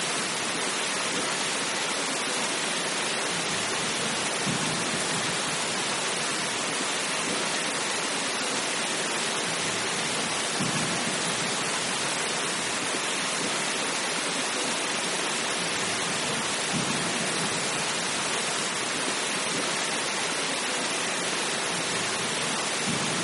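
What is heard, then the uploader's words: Heavy rain and surf merge into a dense, steady hiss that fills the whole range from low rumble to bright spray, with no pause across the clip. Faint swells rise around 4, 10, 17 and 22 seconds, like waves breaking under the downpour. Nighttime Storm and Ocean Waves. As night falls, the symphony of a distant storm merging with the rhythmic crashing of ocean waves creates a peaceful harmony that lulls you into serenity. Natural white noise of the storm and sea.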